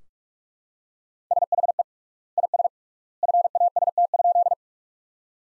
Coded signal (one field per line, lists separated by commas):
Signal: Morse code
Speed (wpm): 46 wpm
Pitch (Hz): 700 Hz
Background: none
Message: SHE IS FAST?